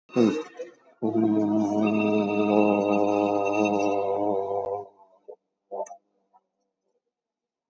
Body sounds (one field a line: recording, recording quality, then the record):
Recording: sustained vowel as in boot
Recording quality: excellent, no background noise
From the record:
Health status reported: COVID-19 positive, mild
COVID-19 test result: positive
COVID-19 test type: RT-PCR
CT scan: taken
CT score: 11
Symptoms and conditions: cough, cold, muscle pain, loss of smell and taste, diabetes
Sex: male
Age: 76 years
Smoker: no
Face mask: worn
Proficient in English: yes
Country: India